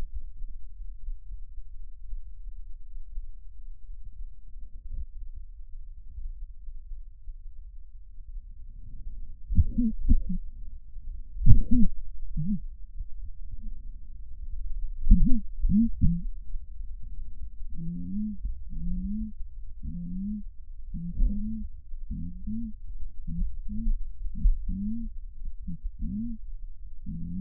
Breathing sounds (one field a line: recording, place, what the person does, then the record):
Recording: lung sounds by stethoscope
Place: left posterior apical chest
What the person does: quiet breathing, then cough and speech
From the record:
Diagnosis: COPD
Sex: female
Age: 68 years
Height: 150 cm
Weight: 70 kg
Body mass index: 31.1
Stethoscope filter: bell mode